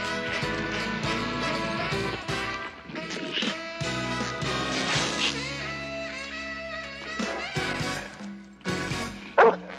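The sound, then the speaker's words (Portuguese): A dog barks repeatedly in short, yipping bursts, with a few higher whimpering cries mixed in, fairly loud against a busy, tonal background. “Eu nem gosto desse cachorro”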